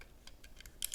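A belt-hanging clip is handled against the plastic/metal hilt of an Obi-Wan Kenobi Special Edition replica lightsaber as it is being attached. Faint, bright handling ticks are heard, including a sharper pair near the end. Nothing has seated or clicked into place yet.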